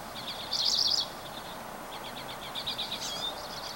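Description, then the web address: Bird song with one loud, bright trilled burst early on, then softer rapid chirping notes later, over steady background noise. Recorded 24 April 2023. "gemlog starlog audio birds 20230424"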